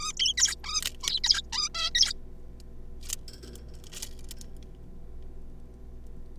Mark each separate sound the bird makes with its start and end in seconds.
0.01-0.12, 0.17-0.34, 0.37-0.55, 0.64-0.82, 1.03-1.20, 1.24-1.42, 1.52-1.69, 1.74-1.90, 1.95-2.13